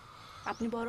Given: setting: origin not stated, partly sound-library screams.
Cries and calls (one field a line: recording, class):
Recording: one-second piece from a danger detection set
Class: normal situation